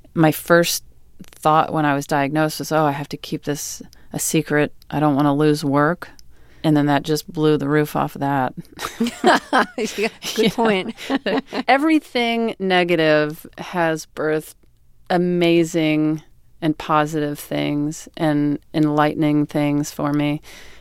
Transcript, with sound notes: my first thought when I was diagnosed was, oh, I have to keep this a secret, I don't want to lose work. And then that just blew the roof off that.
(LAUGHTER) Good point.
Everything negative has birthed amazing and positive things, and enlightening things for me.